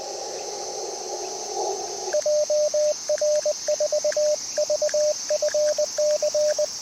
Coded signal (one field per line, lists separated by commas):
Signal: Morse code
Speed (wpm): 20 wpm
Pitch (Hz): 590 Hz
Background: radio noise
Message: JR4VFC